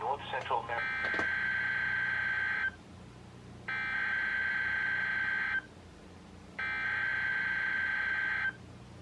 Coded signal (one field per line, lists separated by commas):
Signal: Emergency Alert System (SAME) tones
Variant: header bursts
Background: speech